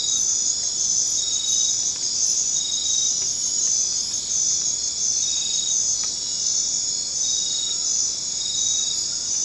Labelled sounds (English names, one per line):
none